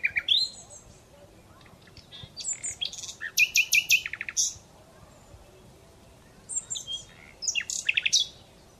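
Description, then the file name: Common Nightingale song, phrases of loud repeated chuck-like notes and high whistled slurs, broken by pauses of a second or more. "Luscinia megarhynchos"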